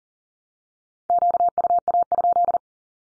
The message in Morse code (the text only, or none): QUA?